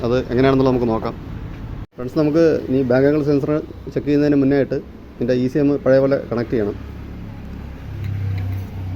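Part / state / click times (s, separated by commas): wiring harness connector into motorcycle ECM / not seated / none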